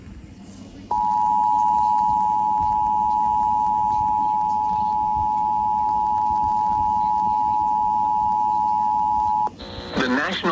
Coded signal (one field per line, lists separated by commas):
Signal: Emergency Alert System (SAME) tones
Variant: 853 and 960 Hz attention tone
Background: speech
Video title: EAS #1036 Severe Thunderstorm Warning on WZOK